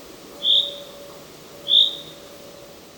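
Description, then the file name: Common chaffinch uttering two short, high whistled call notes about 1.3 seconds apart against a soft steady hum. "Fringilla coelebs"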